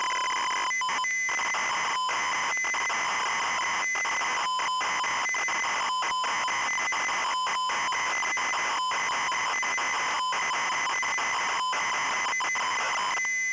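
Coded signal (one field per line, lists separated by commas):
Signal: ZX Spectrum tape loading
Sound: harsh buzzing square-wave screech in bursts, broken by short silent gaps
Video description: this video shows the tape loading and execution the Jetpac game in MSX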